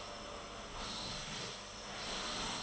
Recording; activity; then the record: daily activity, microphone in the room; vacuum cleaning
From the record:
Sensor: 4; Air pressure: 996.0 hPa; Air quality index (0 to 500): 47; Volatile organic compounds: 1 ppm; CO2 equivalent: 751 ppm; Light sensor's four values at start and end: 18/49/19/20 and 18/49/19/20